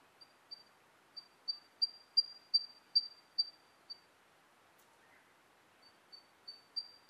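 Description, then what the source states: Siberian Blue Robin song notes: a series of thin, high, pure ticks repeated roughly three per second, swelling then fading, with a brief pause before more begin. Recorded 28 May 2010 at 18:17.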